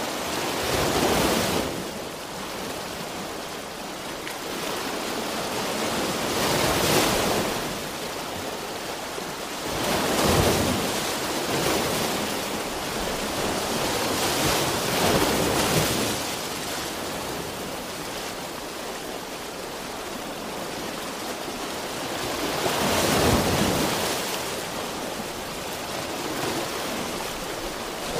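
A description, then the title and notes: Ocean surf rolls in a steady, dense hiss, with waves swelling louder about every three to eight seconds, near at 1, 7, 10, 15 and 23 seconds. Ocean Sounds White Noise.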